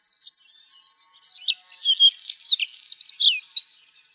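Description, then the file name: Bluethroat song: rapid high chattering phrases repeated in quick bursts, followed by varied metallic twitters and a few sweeping whistled notes. "varakushka"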